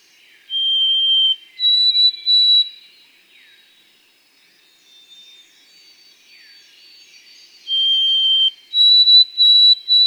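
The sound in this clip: White-throated sparrow singing pure whistles: a steady lower note, then higher broken notes, a quieter stretch with faint whistles, and a lower note followed by higher broken notes near the end.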